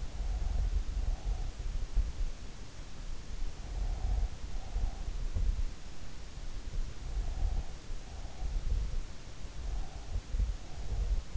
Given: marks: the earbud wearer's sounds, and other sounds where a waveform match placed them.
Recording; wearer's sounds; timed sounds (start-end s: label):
sounds in sleep by an in-ear microphone; breath
0.00-2.45 s: breath
3.62-5.94 s: breath
6.85-9.18 s: breath
9.82-11.37 s: breath